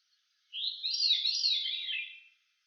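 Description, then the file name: Veery song: a single swirling, breathy phrase spiralling downward for nearly two seconds, in a quiet setting. "John Neville - Veery Grive Fauve"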